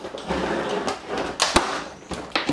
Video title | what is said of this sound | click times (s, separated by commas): Graded Comic Book Bins - Product Review - BCW Supplies | hear everything kind of snap into place there get | 1.4 s, 1.6 s, 2.4 s